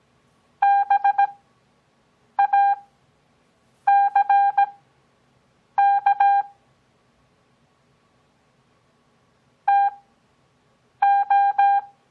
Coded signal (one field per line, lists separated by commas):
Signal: Morse code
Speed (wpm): 17 wpm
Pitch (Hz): 800 Hz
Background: none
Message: BACK TO